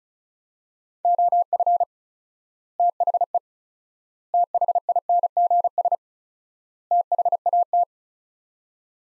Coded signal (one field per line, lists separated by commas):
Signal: Morse code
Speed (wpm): 36 wpm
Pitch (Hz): 700 Hz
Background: none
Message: OF THE THINGS THAT